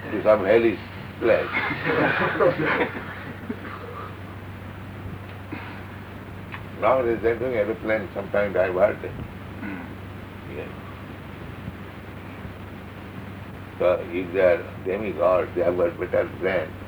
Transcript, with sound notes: To some hellish place. [laughter] Nowadays they are going airplane, sometimes diverted. Yes. So if they are demigods, they have got better brain